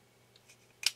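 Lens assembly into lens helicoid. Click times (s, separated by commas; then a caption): 0.9 s. A lens assembly is fitted into a lens helicoid, lined up with one notch for each helicoid key. After a few faint ticks, it seats with a sharp, loud click at 0.9 s.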